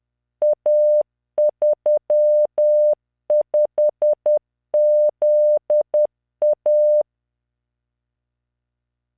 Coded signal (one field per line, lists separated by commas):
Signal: Morse code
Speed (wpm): 10 wpm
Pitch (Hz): 600 Hz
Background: none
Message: A35ZA